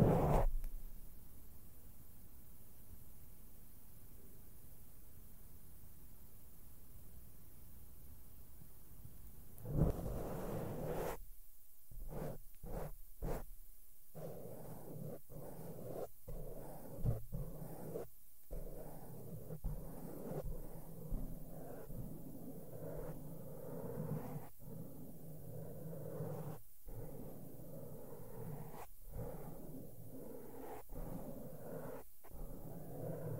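Makeup brushes rub softly over a microphone, starting around ten seconds after a quiet stretch with only a low hum. The brushing is dense and muffled, broken by frequent abrupt dropouts and bumps as the mic is touched, continuing to the end.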